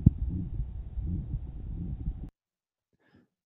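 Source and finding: Heart by stethoscope. Aortic stenosis murmur.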